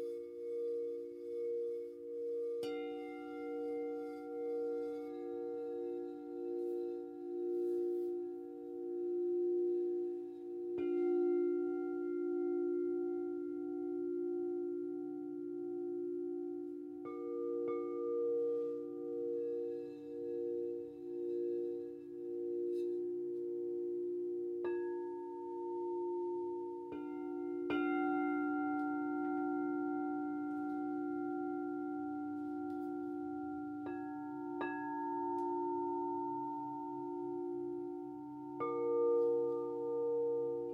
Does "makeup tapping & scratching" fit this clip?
no